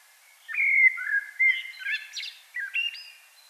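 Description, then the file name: Common blackbird song: smooth fluted whistles, then a jumble of squeaky twittering notes, followed by another short warbled phrase. "Turdus merula"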